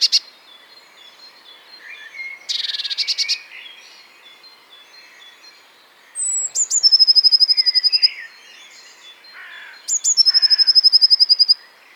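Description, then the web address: Eurasian blue tit song: two phrases of thin high notes followed by a fast trill, after an earlier brief burst of notes; background birds chirp softly. "vogelstimmen blaumeise gesang nabu lars lachmann"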